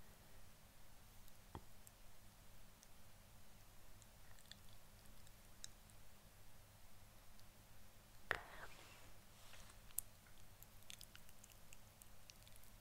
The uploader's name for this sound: Lipstick Application Tapping, Mouth Sounds